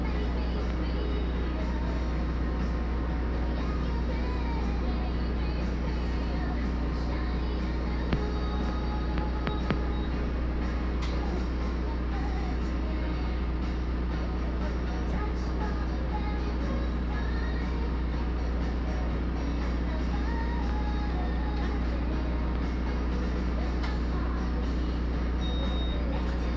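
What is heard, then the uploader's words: Inside a mobile blood donation bus, a steady low engine-like hum runs throughout beneath faint radio voices, with a few brief beeps. Sounds from donating blood on a mobile bus, mostly sounds from the local radio station and some occasional beeping.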